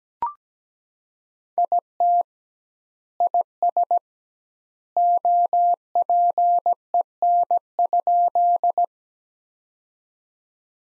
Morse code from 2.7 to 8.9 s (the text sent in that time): IS OPEN?